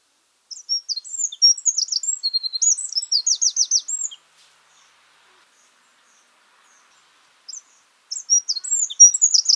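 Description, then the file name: Eurasian wren, a long energetic outpouring of very high, rapid notes and trills for nearly four seconds, a pause, then a fresh burst. "Troglodytes troglodytes"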